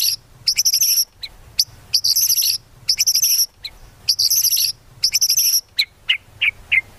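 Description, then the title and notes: White-rumped shama song: bursts of high chattering notes repeated about every second, ending with short whistled upslurs, over a low background hum. Used as a trapping lure. "Pikat Murai Batu Durasi Panjang. Burung Murai Batu"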